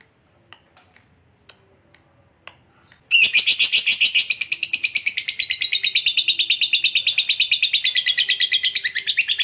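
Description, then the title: Lovebird chirping: a few sparse clicks and ticks, then from three seconds a loud, rapid, buzzy chattering of high chirps, continuing steadily. Lovebird said to be very clever at 'memancing', baiting other birds into calling. "Dari Gayanya Lovebird Ini Terlihat Pintar Sekali Memancing"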